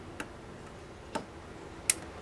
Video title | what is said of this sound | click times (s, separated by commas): Splicing fiber with the corning opti snap system | take off the protection and plug it in like that and snap | 1.9 s